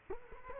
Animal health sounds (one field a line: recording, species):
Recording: mosquito wingbeat signal from an infrared sensor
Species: Culex quinquefasciatus